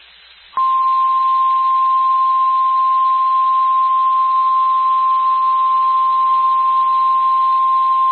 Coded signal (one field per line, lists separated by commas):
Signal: Emergency Alert System (SAME) tones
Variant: 1050 Hz attention tone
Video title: Flash Flood Warning (EAS 239)